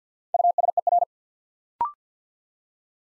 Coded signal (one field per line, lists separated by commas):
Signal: Morse code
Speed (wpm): 50 wpm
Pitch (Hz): 700 Hz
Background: none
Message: USER